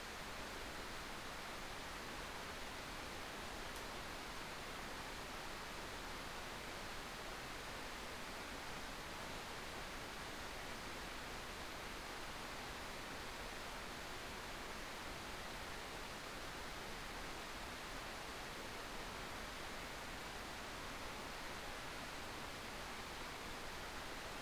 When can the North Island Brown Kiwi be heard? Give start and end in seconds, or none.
none